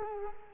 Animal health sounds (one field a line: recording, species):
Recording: mosquito wingbeat signal from an infrared sensor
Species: Culex quinquefasciatus